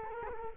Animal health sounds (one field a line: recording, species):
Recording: mosquito wingbeat signal from an infrared sensor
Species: Culex quinquefasciatus